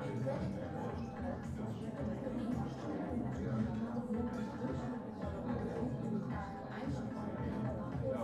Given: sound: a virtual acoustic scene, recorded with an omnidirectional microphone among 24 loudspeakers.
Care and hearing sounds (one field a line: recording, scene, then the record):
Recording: noise of the scene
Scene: pub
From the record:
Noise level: 74 dB SPL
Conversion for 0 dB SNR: 1.6 dB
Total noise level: 75.6 dB SPL